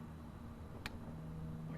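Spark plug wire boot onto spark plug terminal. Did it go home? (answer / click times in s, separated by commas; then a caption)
yes / 0.9 s. A rubber spark plug wire boot, greased inside with dielectric grease, is pushed onto the spark plug terminal of a 2002 Dodge Grand Caravan. A single sharp click is heard at 0.9 s over a low steady hum. The boot seats on the plug.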